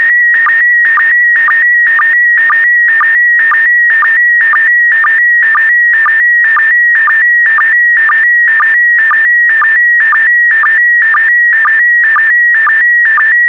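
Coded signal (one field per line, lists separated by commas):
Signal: SSTV (slow-scan television)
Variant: PD120 mode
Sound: warbling tone near 2 kHz with short low blips about twice a second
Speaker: complete. You can now check your decoded image against the picture that is shown on the video.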